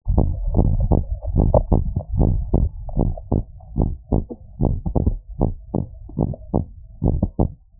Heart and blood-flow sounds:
heart sounds
0.00	0.14	systole
0.14	0.26	S2
0.26	0.56	diastole
0.56	0.70	S1
0.70	0.90	systole
0.90	1.02	S2
1.02	1.36	diastole
1.36	1.48	S1
1.48	1.70	systole
1.70	1.82	S2
1.82	2.18	diastole
2.18	2.34	S1
2.34	2.58	systole
2.58	2.70	S2
2.70	3.00	diastole
3.00	3.14	S1
3.14	3.34	systole
3.34	3.44	S2
3.44	3.78	diastole
3.78	3.90	S1
3.90	4.12	systole
4.12	4.24	S2
4.24	4.62	diastole
4.62	4.78	S1
4.78	5.02	systole
5.02	5.14	S2
5.14	5.44	diastole
5.44	5.54	S1
5.54	5.76	systole
5.76	5.86	S2
5.86	6.20	diastole
6.20	6.30	S1
6.30	6.54	systole
6.54	6.66	S2
6.66	7.04	diastole
7.04	7.20	S1
7.20	7.40	systole
7.40	7.50	S2
7.50	7.80	diastole
From the record:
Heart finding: normal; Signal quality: good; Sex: female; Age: 44 years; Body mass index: 19.5

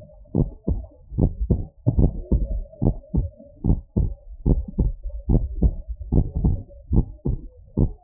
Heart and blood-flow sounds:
heart sounds
0.00	0.36	diastole
0.36	0.48	S1
0.48	0.68	systole
0.68	0.80	S2
0.80	1.18	diastole
1.18	1.30	S1
1.30	1.48	systole
1.48	1.58	S2
1.58	1.96	diastole
1.96	2.12	S1
2.12	2.32	systole
2.32	2.46	S2
2.46	2.86	diastole
2.86	2.96	S1
2.96	3.16	systole
3.16	3.28	S2
3.28	3.66	diastole
3.66	3.78	S1
3.78	3.98	systole
3.98	4.10	S2
4.10	4.50	diastole
4.50	4.62	S1
4.62	4.80	systole
4.80	4.92	S2
4.92	5.30	diastole
5.30	5.44	S1
5.44	5.62	systole
5.62	5.74	S2
5.74	6.12	diastole
6.12	6.26	S1
6.26	6.42	systole
6.42	6.56	S2
6.56	6.92	diastole
6.92	7.06	S1
7.06	7.26	systole
7.26	7.38	S2
7.38	7.78	diastole
7.78	7.90	S1
7.90	8.04	systole
From the record:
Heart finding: normal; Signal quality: good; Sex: male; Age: 53 years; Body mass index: 25.6

